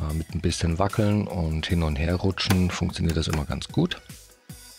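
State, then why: Released. Someone talks while the plastic bottom case of an HP 470 G7 laptop is pried up at the rear and wiggled and slid back and forth. At 4.5 s a short crack is heard as the case's snap clips in the chassis let go, releasing the bottom cover; cracking and creaking like this is normal when the clips release.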